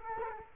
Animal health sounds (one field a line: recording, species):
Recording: mosquito wingbeat signal from an infrared sensor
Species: Culex quinquefasciatus